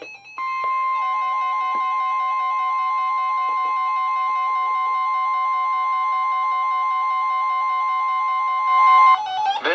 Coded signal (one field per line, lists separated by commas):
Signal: Emergency Alert System (SAME) tones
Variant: 1050 Hz attention tone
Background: music